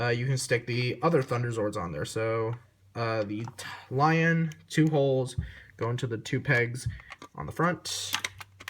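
Someone talks while handling the lion Thunderzord piece of a DX Legacy Thunder Megazord robot figure, lining its two holes up with the two pegs on the front of the figure. A couple of brief sharp ticks occur near the end, at about 8.4 and 8.7 seconds. The piece has not seated or clicked in yet.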